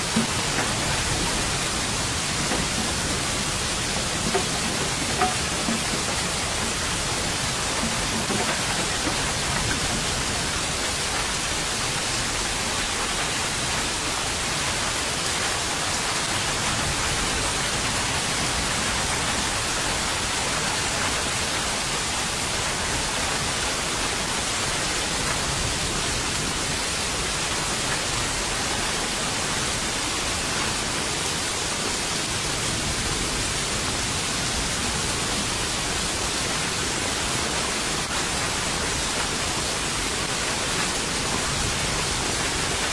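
Rain falls in a steady, dense hiss that stays even throughout, bright and full with no distinct drops or other sounds standing out.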